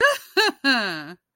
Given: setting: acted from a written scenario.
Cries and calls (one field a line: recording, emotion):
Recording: vocal sound without words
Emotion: triumph